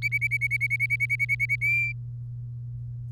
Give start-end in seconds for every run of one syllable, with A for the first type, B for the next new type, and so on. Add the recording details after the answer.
0.02-1.56 A, 1.61-1.92 B. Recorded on 3 May 2018 at 14:02. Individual llb3